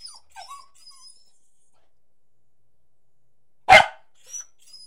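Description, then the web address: Beagle making faint high whines, then a single loud, sharp bark followed by a softer yelp and brief whining. Beagle barking, whining and jumping. "The BBC Sound Effects Library. Beagle barking, whining, and jumping"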